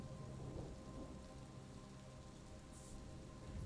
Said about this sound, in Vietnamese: Trời về chiều, cơn mưa vẫn không hề có dấu hiệu tạnh ráo.